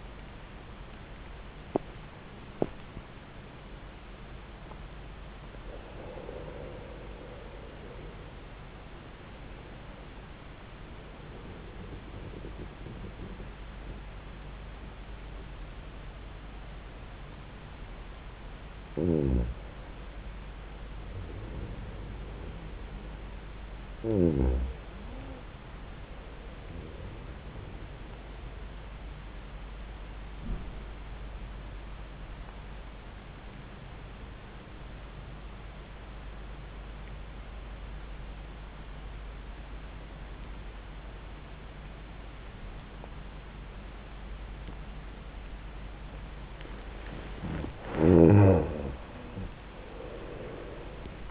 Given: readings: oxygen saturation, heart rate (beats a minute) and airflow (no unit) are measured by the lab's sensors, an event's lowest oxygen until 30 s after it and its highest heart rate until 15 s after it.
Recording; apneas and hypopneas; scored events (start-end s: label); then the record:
breathing in sleep by a voice recorder at the bedside; 2
7.00-20.10 s: hypopnea (N1, oxygen 97% highest, then 90% lowest, heart rate 88 at the start, 88 highest)
32.00-46.30 s: obstructive apnea (N1, oxygen 95% highest, then 86% lowest, heart rate 71 at the start, 86 highest)
From the record:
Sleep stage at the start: N1 (lightest sleep); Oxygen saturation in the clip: 89 to 97%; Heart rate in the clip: 71 to 88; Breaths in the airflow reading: 6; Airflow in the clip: -7.2 to 6.6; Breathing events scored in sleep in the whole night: 400 in 8.7 hours asleep